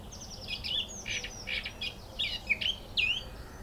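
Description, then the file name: Eurasian blackcap song, a brief hurried warble of squeaky notes ending in clear whistled upward-curving phrases, with soft background hiss. "Sylvia atricapilla"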